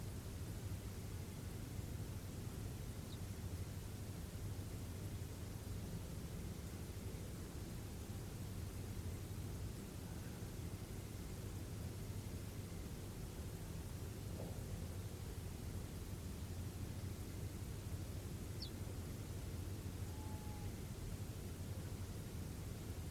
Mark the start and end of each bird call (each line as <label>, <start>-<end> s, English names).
Ortolan Bunting, 3.10-3.18 s
Ortolan Bunting, 18.59-18.71 s